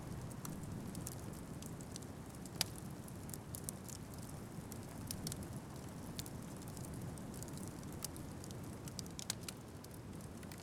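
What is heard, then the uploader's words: A bonfire burns steadily, its low rumbling roar filling the scene without pause. Sharp crackles and pops break through irregularly, a few every second, with a louder snap near the three-second mark. The fire sounds close and dense throughout. Spring Bonfire.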